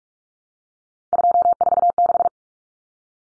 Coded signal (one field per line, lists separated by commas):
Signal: Morse code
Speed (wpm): 44 wpm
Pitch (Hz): 700 Hz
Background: none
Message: 246